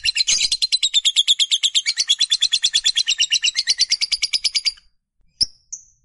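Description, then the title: Lovebird chatter, a long rapid run of harsh high notes for almost five seconds, then one sharp chip and a short whistle. Fighter-type lovebird giving long chatter (ngekek panjang). "Suara Lovebird FIGHTER NGEKEK PANJANG"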